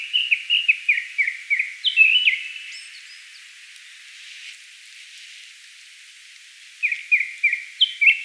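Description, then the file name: Japanese thrush song in two phrases of quick, repeated whistled notes, with a long quiet gap between them. "Turdus cardis"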